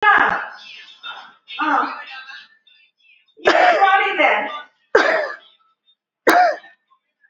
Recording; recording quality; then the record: heavy voluntary cough; excellent, no background noise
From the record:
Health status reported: recovered from COVID-19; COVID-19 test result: positive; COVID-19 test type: RT-PCR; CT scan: not taken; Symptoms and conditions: loss of smell and taste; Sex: female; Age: 38 years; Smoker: no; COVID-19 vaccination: both doses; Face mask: not worn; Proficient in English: yes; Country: India